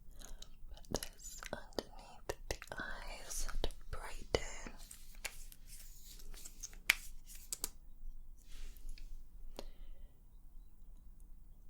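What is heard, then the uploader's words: Layered sounds of skincare and makeup handling: quick taps, clicks and soft brushing strokes, densest in the first half with a busy stretch of rustling around the middle. Later the handling thins to sparse, sharp clicks over a quiet, low background hum. Layered Sounds, Skincare & Makeup Roleplay.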